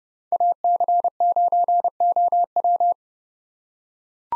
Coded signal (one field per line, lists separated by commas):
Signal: Morse code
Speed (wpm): 30 wpm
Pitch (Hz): 700 Hz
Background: none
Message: AC9OW